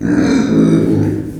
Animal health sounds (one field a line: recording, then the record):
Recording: squeal of a Yucatan mini pig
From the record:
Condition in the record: before surgery on the right vocal fold (resection and tissue-engineered implant)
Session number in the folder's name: 3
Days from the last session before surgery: 0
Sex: female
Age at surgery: 19 weeks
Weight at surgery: 25 kg